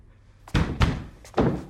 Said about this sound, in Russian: Рич стучит в дверь. Ему открывает Эдит.